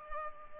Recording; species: mosquito wingbeat signal from an infrared sensor; Culex pipiens